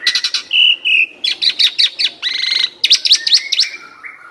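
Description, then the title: Asian pied starling song, a dense run of chattering notes, steady whistles and harsh rasping bursts, delivered quickly with hardly a break. Training song (masteran) meant to fix birds that sing too little and are sluggish. "Masteran Jalak Suren Atasi Burung KURANG GACOR Dan LOYO"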